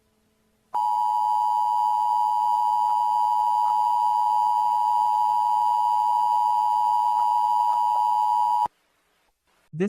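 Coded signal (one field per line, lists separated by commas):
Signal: Emergency Alert System (SAME) tones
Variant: 853 and 960 Hz attention tone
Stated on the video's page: Fictional EAS scenario with simulated SAME alert tones; may include disturbing sounds.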